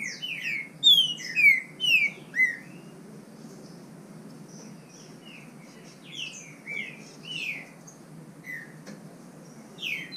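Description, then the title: Green-winged saltator song: a rapid series of loud, downward-slurred whistles at the start, then quieter whistles. Bird named Nicão in the bush (mato), competing in song with a free bird. "Trinca Ferro NICÃ O"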